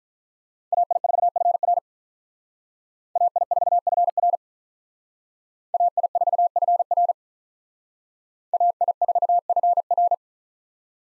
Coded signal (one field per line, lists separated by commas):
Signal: Morse code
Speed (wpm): 44 wpm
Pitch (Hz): 700 Hz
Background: none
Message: AI4FR AI4FR AI4FR AI4FR